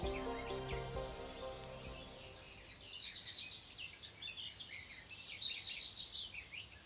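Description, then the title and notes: Black redstart song: two high squeaky phrases with gritty crackling notes between them, after a few seconds of a low tonal sound at the start. Nimble flycatching bird; individuals sometimes chase one another in flight. "Zwarte roodstaart Phoenicurus ochruros Hausrotschwanz Rougequeue noir"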